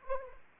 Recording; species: mosquito wingbeat signal from an infrared sensor; Anopheles arabiensis